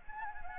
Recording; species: mosquito wingbeat signal from an infrared sensor; Anopheles gambiae